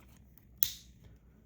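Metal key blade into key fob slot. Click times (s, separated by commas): 0.6 s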